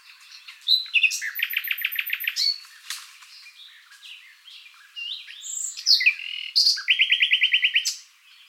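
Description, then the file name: Common nightingale song with rapid rattling trills of repeated notes, high whistles and varied phrases, ending in a fast loud chattering series. "Luscinia megarhynchos"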